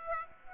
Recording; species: mosquito wingbeat signal from an infrared sensor; Aedes aegypti